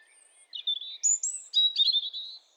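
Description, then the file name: European robin singing a short phrase that opens with soft thin notes, then jumps into bright, liquid warbles and sweet sustained whistles. "Erithacus rubecula"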